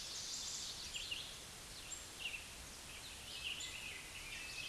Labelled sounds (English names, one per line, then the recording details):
Red-eyed Vireo song
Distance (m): 25 m
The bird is about level with the microphone
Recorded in a Pennsylvania forest on 16 May 2024 at 09:08
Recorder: AudioMoth, point MSD-2376
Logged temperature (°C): 16.7 °C
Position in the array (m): 150 m, 27 m